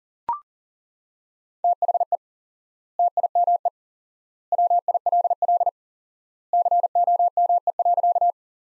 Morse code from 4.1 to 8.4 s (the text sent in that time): WILL COME.